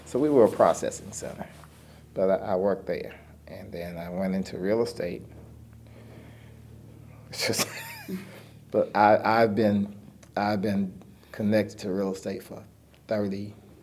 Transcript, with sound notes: So we were a processing center. But I worked there, and then I went into real estate. (laughter) But I’ve been connected to real estate for thirty,